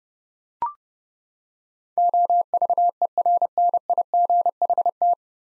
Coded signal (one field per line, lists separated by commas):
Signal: Morse code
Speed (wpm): 32 wpm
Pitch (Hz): 700 Hz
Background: none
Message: OVERNIGHT